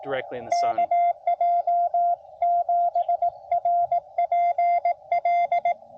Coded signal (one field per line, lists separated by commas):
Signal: Morse code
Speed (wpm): 20 wpm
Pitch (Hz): 680 Hz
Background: speech, radio noise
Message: KJ7RPL